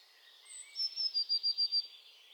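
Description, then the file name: Eurasian blue tit calling: one thin, high, even note that pulses six times in about a second, over a soft constant hiss with faint higher whistles. "Cyanistes caeruleus"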